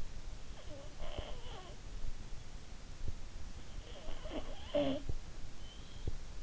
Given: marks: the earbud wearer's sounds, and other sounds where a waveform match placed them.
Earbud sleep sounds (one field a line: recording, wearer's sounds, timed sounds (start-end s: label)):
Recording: sounds in sleep by an in-ear microphone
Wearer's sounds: breath, snoring breath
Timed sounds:
0.26-2.31 s: breath
3.64-5.43 s: snoring breath